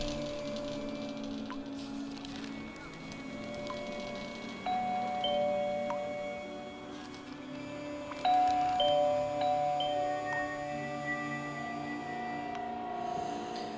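A doorbell rings twice, each time a sustained, mid-pitched chime tone that lingers and slowly fades over a steady low hum, with no voices present.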